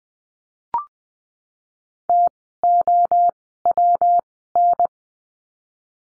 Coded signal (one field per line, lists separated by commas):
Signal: Morse code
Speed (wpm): 20 wpm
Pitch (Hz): 700 Hz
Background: none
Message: TOWN